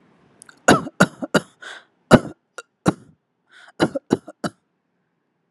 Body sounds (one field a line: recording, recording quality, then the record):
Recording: shallow voluntary cough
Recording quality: excellent, no background noise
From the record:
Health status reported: healthy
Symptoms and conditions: none ticked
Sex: male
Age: 29 years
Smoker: not ticked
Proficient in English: yes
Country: India